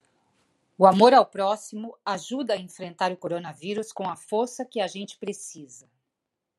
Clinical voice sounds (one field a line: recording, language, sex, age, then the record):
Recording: spoken sentence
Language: Brazilian Portuguese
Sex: female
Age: 50 to 59 years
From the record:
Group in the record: control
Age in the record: 53 years